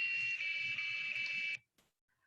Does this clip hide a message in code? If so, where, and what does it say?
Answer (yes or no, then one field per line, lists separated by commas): no